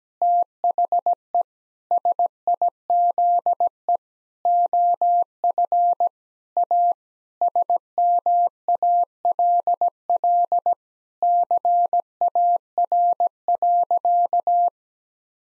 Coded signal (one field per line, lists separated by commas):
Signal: Morse code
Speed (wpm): 17 wpm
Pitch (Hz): 700 Hz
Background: none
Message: THE SIZE OF A SMALL CAR.